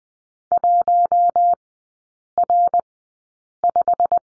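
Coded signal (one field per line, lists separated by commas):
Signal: Morse code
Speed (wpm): 20 wpm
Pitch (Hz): 700 Hz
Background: none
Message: 1R5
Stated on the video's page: Morse course lesson drill on the number 3, sent at Farnsworth speed 20/10 wpm.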